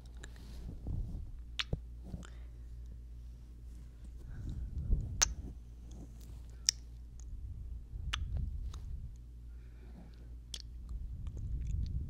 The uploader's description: Kissing, whispering, breathing and mouth sounds